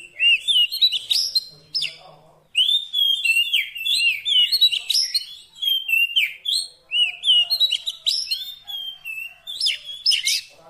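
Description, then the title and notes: Oriental magpie-robin giving an almost unbroken stream of melodious whistles, slurred notes and rapid twitters with barely any pause. Long-duration fill-in (isian) song of kacer, meant to make the bird sing energetically (gacor) day and night. "Kacer Jadi Gacor Siang Malam. Isian Kacer"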